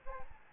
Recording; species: mosquito wingbeat signal from an infrared sensor; Aedes albopictus